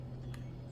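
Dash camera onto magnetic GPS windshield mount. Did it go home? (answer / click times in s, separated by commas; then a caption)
yes / 0.3 s. A Heaboli 4K dash camera body snaps onto its adjustable magnetic GPS windshield mount in a Subaru Outback Wilderness, with a short sharp click at 0.3 s over a steady low hum. The camera seats firmly on the magnet and feels sturdy, not coming off when shaken.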